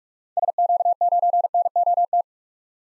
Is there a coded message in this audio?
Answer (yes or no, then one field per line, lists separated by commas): yes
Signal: Morse code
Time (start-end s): 0.4-2.2 s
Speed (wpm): 46 wpm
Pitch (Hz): 700 Hz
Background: none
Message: SQ9NOT